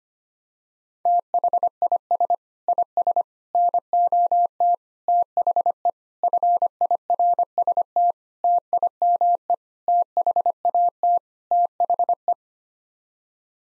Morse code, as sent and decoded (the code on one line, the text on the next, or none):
- .... .. ... / .. ... / -. --- - / - .... . / ..-. .. .-. ... - / - .. -- . / - .... .- - / - .... .
THIS IS NOT THE FIRST TIME THAT THE